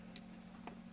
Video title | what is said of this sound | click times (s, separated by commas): 2000 Benz S Class shifter stuck in park repair glimpse | and it pops right out this thing just uh | 0.2 s